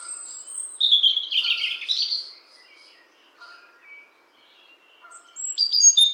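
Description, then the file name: European robin song: a bright high warbling phrase, a quiet pause with faint scattered notes, then another sharp, thin, high phrase. "Erithacus rubecula"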